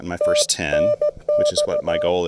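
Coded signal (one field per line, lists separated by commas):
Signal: Morse code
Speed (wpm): 16 wpm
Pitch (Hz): 600 Hz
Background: speech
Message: TNX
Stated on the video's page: QRP activation at Lake Norman using a Mission RGO One transceiver and Chameleon CHA LEFS antenna.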